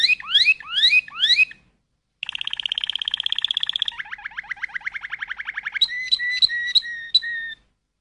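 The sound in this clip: Canary song in varied phrases: rising swept notes, a dense buzzy roll, a rapid rattling trill, then clipped pulsed notes.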